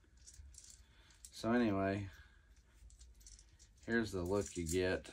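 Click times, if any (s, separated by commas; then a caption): none. A plastic handcuff and chain accessory is fitted onto an action figure's wrist and is expected to lock into place. Soft plastic rattles and small taps are heard between stretches where someone talks. The cuff never latches, and nothing clicks or seats into place.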